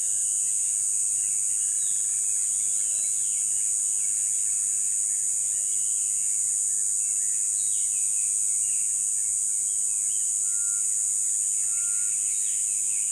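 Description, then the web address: Insects hum a constant high-pitched buzz, with bird chirps throughout and a couple of clear whistled notes near the end. Insects close by at a river at dawn in jungle rainforest. "river dawn insect close. dschungel regenwald"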